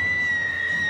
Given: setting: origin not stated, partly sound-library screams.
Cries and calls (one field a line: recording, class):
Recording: one-second piece from a danger detection set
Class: woman in danger